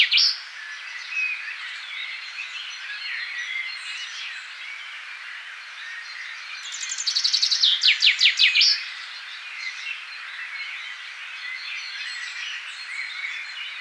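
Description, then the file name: Common chaffinch song: one descending trill of repeated notes ending in a quick flourish, over a background of other birds softly singing. "Fringilla coelebs"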